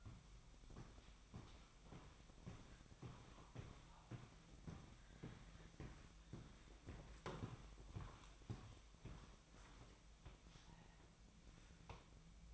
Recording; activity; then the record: daily activity, microphone in the room; walk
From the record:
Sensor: 1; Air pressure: 1001.6 hPa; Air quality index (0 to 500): 222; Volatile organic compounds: 30 ppm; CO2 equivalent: 2963 ppm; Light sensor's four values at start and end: 8/31/11/12 and 8/31/11/12